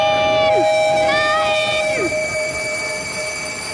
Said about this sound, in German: Die riesigen Stahlräder der Straßenbahn!